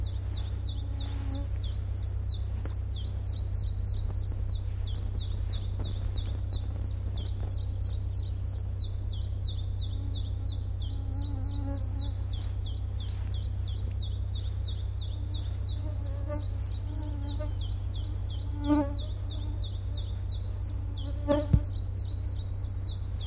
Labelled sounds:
Common Chiffchaff song
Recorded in the wild
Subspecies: abietinus
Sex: male
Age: adult
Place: Ånge, Medelpad, Västernorrlands län, SE
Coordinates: 62.5333, 15.7167
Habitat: spruce
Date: 1971-07-12
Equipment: Nagra SN, AKG CK 5, 9 cm/s, Kopie Nagra III PH
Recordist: Schneider, Hans-Joachim

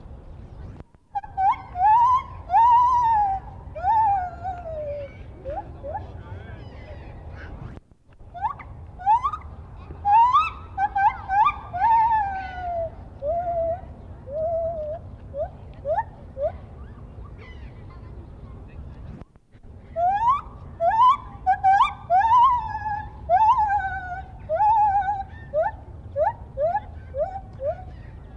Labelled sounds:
Lar Gibbon
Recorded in captivity
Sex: male
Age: adult
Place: Tierpark Berlin, Berlin, DE
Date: 1972-10-28
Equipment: Uher 4200 Report Stereo, Sennheiser MD 421
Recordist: Tembrock, Günter

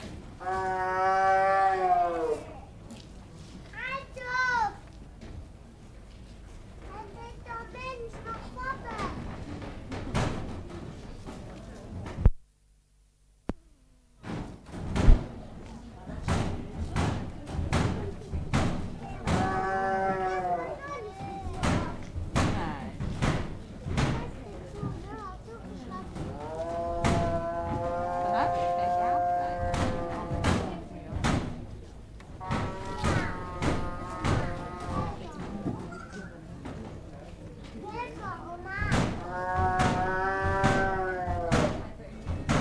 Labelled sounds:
Tiger call
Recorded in captivity
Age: adult
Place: Zoo Leipzig, Sachsen, DE
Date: 1959-09-17 13:45
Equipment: Reporter (Vollspur)
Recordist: TSA

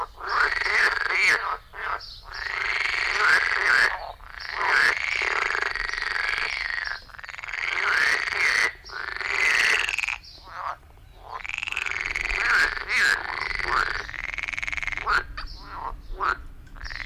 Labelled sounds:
Edible Frog call
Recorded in the wild
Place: Lübars, Benekendorffstraße, Berlin, DE
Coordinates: 52.6167, 13.3469
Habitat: Gartenteich
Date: 1998-05-10 11:50
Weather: heiter, 25°C
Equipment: Sony MD-WM MZ-R3, Sennheiser MKH 416 T, Kopie Uher 4000 Report Monitor
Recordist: Tembrock, Günter

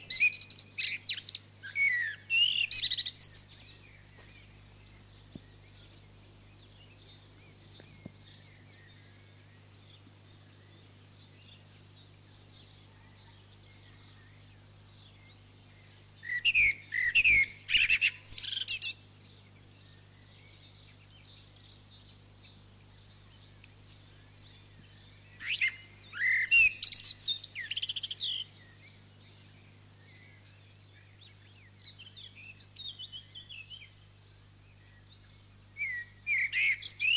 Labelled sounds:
Common Blackbird song
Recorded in the wild
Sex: male
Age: adult
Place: Lübars, Benekendorffstraße, Berlin, DE
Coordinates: 52.6167, 13.3469
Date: 2006-05-02 19:25
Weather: sunny, 15°C
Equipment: Grundig CR 110, Sennheiser ME 80, Kopie Uher 4000 Report Monitor
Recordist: Tembrock, Günter
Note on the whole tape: Gesang (zusammenhängend aufgenommen)

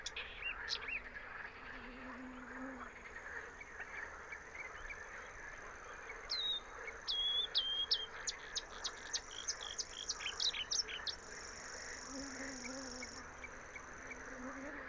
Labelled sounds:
Marsh Warbler song
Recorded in the wild
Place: Gartz (Oder), Nationalpark Unteres Odertal, Brandenburg, DE
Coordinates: 53.1454, 14.366
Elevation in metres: 1
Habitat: wetland
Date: 2014-06-07 22:13
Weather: clear, 25°C, almost no wind
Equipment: Sound Devices 702, Sennheiser MKH 70, Rycote Windschutz
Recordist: Frommolt, Karl-Heinz

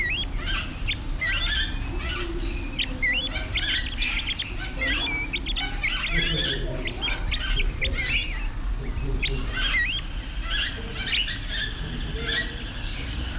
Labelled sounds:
Crested Partridge
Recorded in captivity
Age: adult
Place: Zoo Berlin, Berlin, DE
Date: 1993-01-16 10:27
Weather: heiter, 10-13°C
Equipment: Marantz CP 430, Sennheiser ME 80, Kopie Uher Variocord 263
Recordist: Tembrock, Günter
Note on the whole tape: Helle Laute von mehreren Tieren (50 cm)

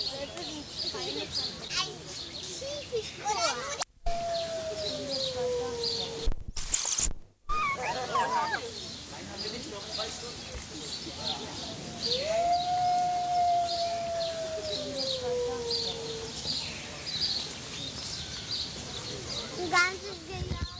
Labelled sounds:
Gray Wolf
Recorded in captivity
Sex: group
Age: adult
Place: Zoo Berlin, Berlin, DE
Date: 2003-06-27 20:31
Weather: fair, 25°C
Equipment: Fair Mate ST-1328 (Asahi Electronics, Japan), Sennheiser ME 80, Kopie Uher 4000 Report Monitor
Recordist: Tembrock, Günter
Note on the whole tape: Kanadischer Wolf: Heulen und Bellen der Gruppe mit drei Jungtieren (geboren am 06.05.2003) um 20.31 Uhr. Dann um 20.38 Uhr nochmals

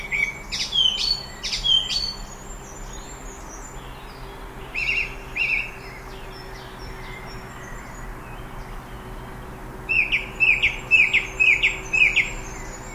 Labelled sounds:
Song Thrush song
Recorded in the wild
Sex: male
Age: adult
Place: Gößweinstein, Fränkische Schweiz, Bayern, DE
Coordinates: 49.775, 11.3403
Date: 1962-06-12
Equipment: Stellavox SM 5, Original, Vollspur
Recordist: Tretzel, Erwin
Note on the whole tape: Gößweinstein, Auffahrt. Männchen: Gesang

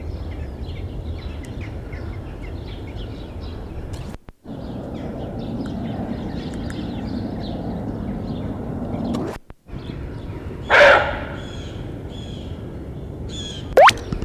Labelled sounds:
Indian Muntjac
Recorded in captivity
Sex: male
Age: adult
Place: Tierpark Berlin, Berlin, DE
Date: 1973-12-23 10:15
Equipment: Uher 4200 Report, Verstärker, Sennheiser MD 421
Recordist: Tembrock, Günter

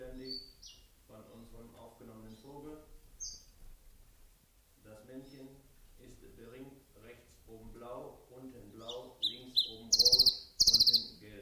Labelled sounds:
Common Chiffchaff
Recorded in captivity
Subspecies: collybita
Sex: male
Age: adult
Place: Zoologisches Institut Universität Tübingen, Spanierzimmer, Baden-Württemberg, DE
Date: 1969-06-13
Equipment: Nagra III PH, MKH 805, PES 26
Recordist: Schneider, Hans-Joachim

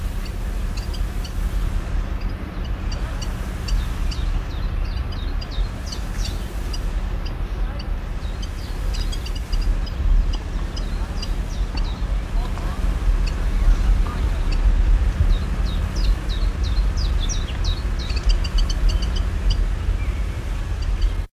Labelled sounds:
Common Chiffchaff call
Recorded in the wild
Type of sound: call
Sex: female
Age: adult
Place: Hannover, Hermann-Löns-Park, Niedersachsen, DE
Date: 1974-06-15
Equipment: Halbspur, 9,5 cm/s
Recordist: Lütgens, Hans
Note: Erregtes Weibchen

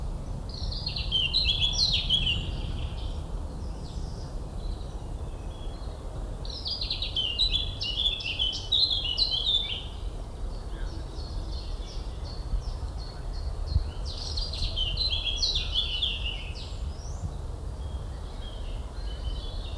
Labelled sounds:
Eurasian Blackcap
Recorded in the wild
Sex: male
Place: Schloßpark Niederschönhausen, Berlin, DE
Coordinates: 52.53, 13.41
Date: 1995-05-25 19:00
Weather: heiter, 23°C
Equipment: Marantz CP 430, Sennheiser ME 80, Kopie Uher 4000 Report Monitor
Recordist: Tembrock, Günter

